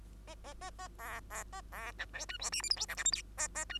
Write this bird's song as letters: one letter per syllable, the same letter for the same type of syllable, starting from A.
A A A A B B A B C D E F G H I J K L M N A A E